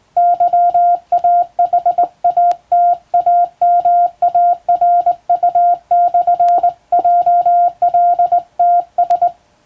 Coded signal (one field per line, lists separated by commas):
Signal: Morse code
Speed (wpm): 20 wpm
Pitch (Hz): 700 Hz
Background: music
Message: YAHATAMARU/JLTS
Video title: 今でも国家試験がある驚きのモールス符号！トン（短点）とツー（長音）で言葉を表します！昔懐かしいモールス信号を打ってみました！暗号を使うようでカッコいいかな？ morse code practice